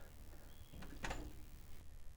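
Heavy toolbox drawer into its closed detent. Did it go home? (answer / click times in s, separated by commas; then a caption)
yes / 1.1 s. A heavy metal toolbox drawer rolls shut on its slide and locks into its closed detent, which is easy to do once the drawer gets going. A faint tick at 0.8 s precedes a louder click at 1.1 s at the end of the slide sound as the drawer seats in the detent.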